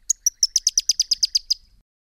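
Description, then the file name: Pyrrhuloxia giving a rapid chattering series of roughly a dozen crisp, high chip notes over about one and a half seconds, then quiet. "suara panggilan burung pyrrhuloxia. omkicau"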